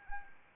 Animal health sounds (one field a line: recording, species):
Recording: mosquito wingbeat signal from an infrared sensor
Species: Anopheles arabiensis